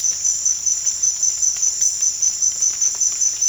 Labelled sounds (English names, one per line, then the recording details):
none
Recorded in dense forest near Puerto Asís, Putumayo, Colombia, on 21 March 2025 at 16:00
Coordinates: 0.484, -76.317
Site G064